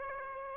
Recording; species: mosquito wingbeat signal from an infrared sensor; Aedes aegypti